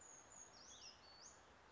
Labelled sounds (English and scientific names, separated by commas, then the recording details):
Brown Creeper (Certhia americana)
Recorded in Sonoma County, California